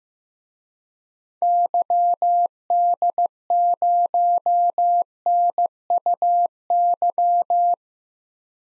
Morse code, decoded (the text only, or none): YD0NUY